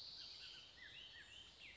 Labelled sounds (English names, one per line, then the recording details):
Bullock's Oriole
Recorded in Sonoma County, California